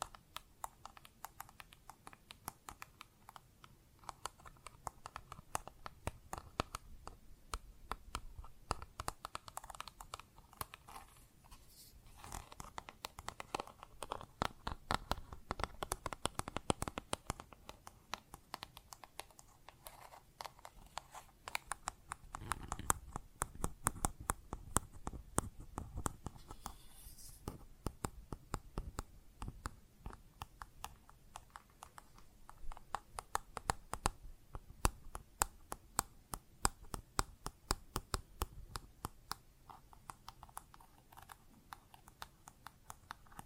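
Plastic objects are tapped and scratched in quick, uneven bursts, a dense clatter of small clicks much like keyboard typing. The sharp ticks run throughout the 43 seconds, thickening around 15, 23–27 and 35 seconds, with brief quieter gaps between bursts.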